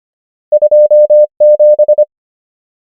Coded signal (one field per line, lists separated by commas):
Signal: Morse code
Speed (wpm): 25 wpm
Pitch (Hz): 600 Hz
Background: none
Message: 2 7